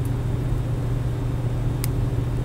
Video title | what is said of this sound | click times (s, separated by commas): Intraosseous Anesthesia - Stabident/XTip | okay that little click now the problem is is that when you go intraoral we're going to do it | 1.8 s